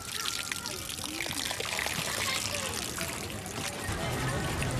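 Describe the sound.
Water trickles and splashes steadily at the bank of the Ganges in Varanasi, India, at 5 a.m., where people perform their morning rituals; a continuous hissing wash of sound, with indistinct voices murmuring underneath and a low rumble rising near the end.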